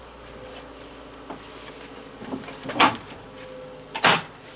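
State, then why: Seated. The low-profile fold-over auxiliary face on a DeWalt table saw rip fence is folded over, with a soft knock near 1.3 s and a louder clatter around 2.8 s. A double clack at 4.0 s and 4.1 s follows as it locks down into place.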